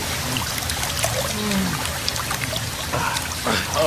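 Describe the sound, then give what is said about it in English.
Boiling, steaming spring water trickles and dribbles steadily, a continuous bubbling, splashing flow with small gurgles scattered through it at a moderate level, with no talking. “Let it cool, boy! It's water.”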